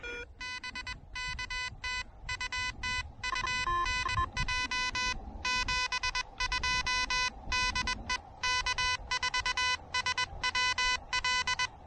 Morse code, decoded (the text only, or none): BK TU TU NJ 72 DE K4SWL